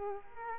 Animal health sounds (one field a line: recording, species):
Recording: mosquito wingbeat signal from an infrared sensor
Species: Culex quinquefasciatus